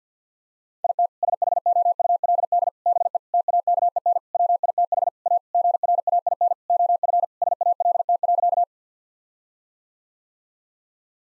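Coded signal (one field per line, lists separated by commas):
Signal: Morse code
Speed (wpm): 47 wpm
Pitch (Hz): 700 Hz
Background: none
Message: IT SHOULD BE TAKEN WITH A GRAIN OF SALT.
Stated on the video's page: Morse practice sentences of common eight-word phrases at 50 wpm; each sentence sent, then spoken, then sent again for head-copy practice.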